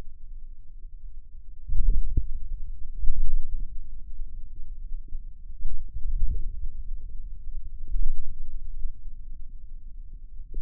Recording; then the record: forearm muscle sounds (acoustic myography)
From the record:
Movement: hand closing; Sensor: system 2, bracelet of six BSWA MPA416 microphones around the upper forearm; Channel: 6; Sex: male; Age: 22 years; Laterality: right